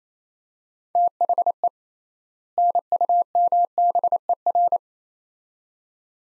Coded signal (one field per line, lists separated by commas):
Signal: Morse code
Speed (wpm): 28 wpm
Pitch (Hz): 700 Hz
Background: none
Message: THE NUMBER